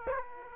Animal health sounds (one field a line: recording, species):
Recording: mosquito wingbeat signal from an infrared sensor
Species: Aedes aegypti